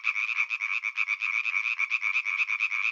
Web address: European Tree Frog